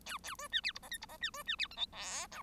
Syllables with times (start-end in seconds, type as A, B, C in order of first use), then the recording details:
0.06-0.18 A, 0.23-0.35 A, 0.38-0.48 B, 0.51-0.61 C, 0.63-0.72 D, 0.75-0.79 E, 0.82-0.89 F, 0.91-0.98 G, 1.01-1.06 E, 1.08-1.17 F, 1.21-1.30 C, 1.33-1.43 B, 1.46-1.56 C, 1.58-1.68 D, 1.70-1.76 H, 1.76-1.86 I, 1.92-2.27 J, 2.31-2.42 K. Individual Bird1